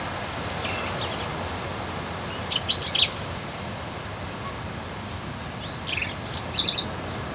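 Black-capped vireo singing a few quick bursts of sharp, varied squeaks and slurred chips, with pauses between phrases and constant faint hiss behind.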